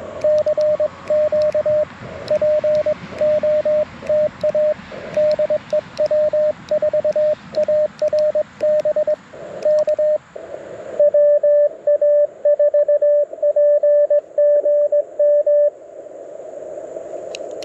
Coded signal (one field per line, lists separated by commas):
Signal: Morse code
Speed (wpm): 21 wpm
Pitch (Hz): 590 Hz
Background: radio noise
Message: CQ POTA DE W4ARB K WA4PGM